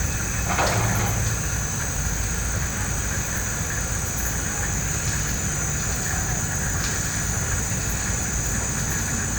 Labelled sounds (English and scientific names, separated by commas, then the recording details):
none
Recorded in pastures near Puerto Asís, Putumayo, Colombia, on 26 December 2024 at 18:00
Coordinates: 0.466, -76.322
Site G040